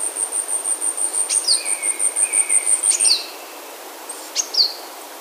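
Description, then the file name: Asian stubtail song, a fast, loud series of shrill pulses that stops abruptly after three seconds, followed by sharp descending calls from another bird. "yabu"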